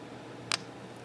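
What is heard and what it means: A marker is snapped back into its holder on a second try, producing a single sharp click at 0.5 s over a quiet background. The marker seats.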